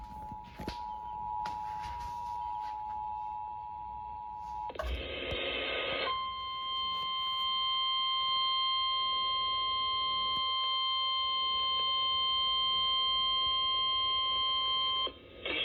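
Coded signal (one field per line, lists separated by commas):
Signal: Emergency Alert System (SAME) tones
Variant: 853 and 960 Hz attention tone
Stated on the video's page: Real flash flood warning received via a Sage ENDEC relay of an FM station.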